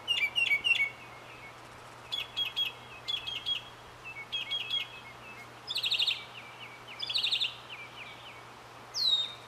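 Mockingbird song, varied bursts of buzzy and chattering phrases, each type repeated several times before switching, separated by short pauses, with a constant low hum beneath.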